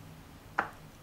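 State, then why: Seated. The end of the hose on a Vax C89MAB Mach Air Multicyclonic lightweight cylinder vacuum cleaner is pushed into the machine's plastic inlet. A single sharp click at 0.6 s rises well above a quiet background hum. The hose has snapped into place and is seated.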